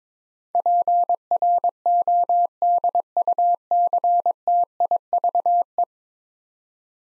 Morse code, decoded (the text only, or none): PRODUCTIVE